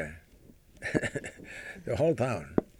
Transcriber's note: he laughs